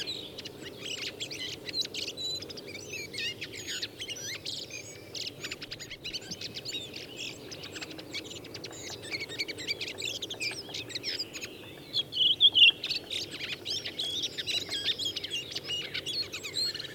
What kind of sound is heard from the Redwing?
song